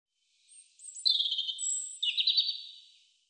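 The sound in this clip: European robin song: a high thin whistled note, then two rippling warbled phrases with a rapid trill in the second.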